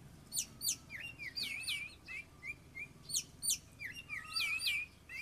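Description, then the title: Oriental magpie-robin song, rapid and varied: sharp descending chips and looping whistled slurs, repeated in quick bursts. "Kicau Kacer"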